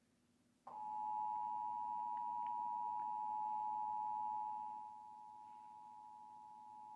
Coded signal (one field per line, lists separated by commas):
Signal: Emergency Alert System (SAME) tones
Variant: 853 and 960 Hz attention tone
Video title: Required Monthly EAS Test - April 5, 2023 10:46 PM